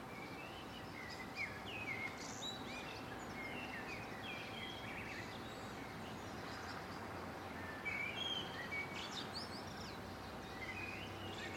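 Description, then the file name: Birds in a mixed chorus, scattered chirps and brief whistled phrases coming every second or so, over steady hiss. Residential area in the morning. "Surroundresidentialmorningbirds"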